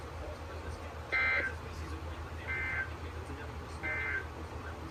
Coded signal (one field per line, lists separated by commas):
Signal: Emergency Alert System (SAME) tones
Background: speech